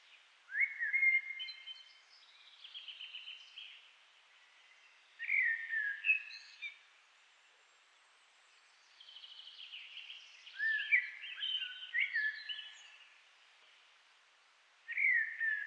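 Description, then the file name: Common blackbird singing mellow, whistled phrases that end in scratchy high-pitched twittering, with short pauses between phrases. Recorded 11 June 2010 at 18:05. "Turdus merula"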